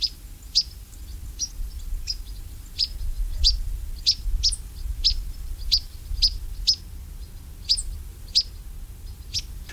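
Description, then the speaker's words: European pied flycatcher giving short, sharp, high chirps repeated many times over a steady low rumble. Migrating back to Africa for the winter; a very common species. "Les gobe-mouches noires qu'on entend ici, et qui sont vraiment très très communs."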